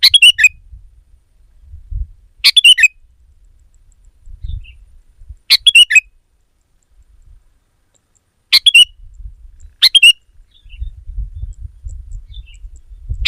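Sooty-headed bulbul repeating short chirpy phrases every few seconds, each a quick cluster of bright notes, with intermittent low background rumble.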